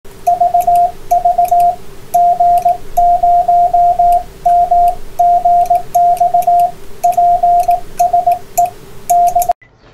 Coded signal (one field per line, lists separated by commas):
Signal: Morse code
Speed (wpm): 18 wpm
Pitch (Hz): 700 Hz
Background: radio noise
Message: VV G0MGX PSE N